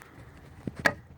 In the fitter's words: hear that click that's reverse